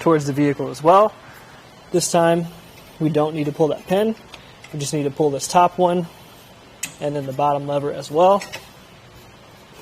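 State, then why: Not seated. Someone talks while handling the tilt/fold pivot latch on the hitch mount of a Hollywood Racks Sport Rider SE bike rack for two electric bikes fitted to a 2022 Ford Edge. They pull the top lever and then the bottom lever to fold the rack up toward the vehicle, without pulling the pin. Nothing has seated or clicked yet.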